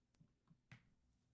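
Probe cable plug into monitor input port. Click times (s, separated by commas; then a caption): 0.7 s. A probe cable plug from the Y adapter is pushed into its colour-coded port on an Integra Licox PtO₂ patient monitor. After a couple of faint ticks, one sharp, quiet click sounds at 0.7 s as the plug snaps into place and is seated.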